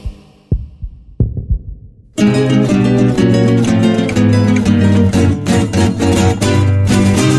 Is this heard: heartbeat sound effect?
yes